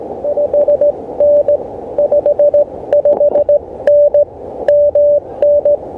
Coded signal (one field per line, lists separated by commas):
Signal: Morse code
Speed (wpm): 18 wpm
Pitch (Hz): 580 Hz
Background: none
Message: 5N 55N MN